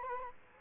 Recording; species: mosquito wingbeat signal from an infrared sensor; Culex quinquefasciatus